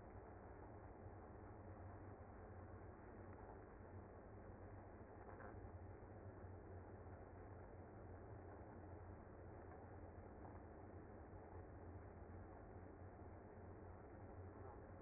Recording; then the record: honeybee colony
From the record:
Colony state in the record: active